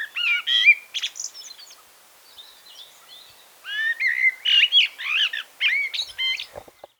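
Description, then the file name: Common blackbird song, dense and varied: quick warbled whistles and squeaky twitters crowd together, ease off briefly midway, then return in a fast, busy stream. "Turdus merula"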